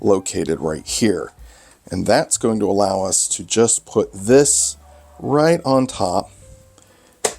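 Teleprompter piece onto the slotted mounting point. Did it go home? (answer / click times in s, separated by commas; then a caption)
yes / 7.2 s. A teleprompter piece is set into the slot on the mounting point above a DSLR rig and pushed down while someone talks. A sharp, loud click at 7.3 seconds marks it snapping into place, seated.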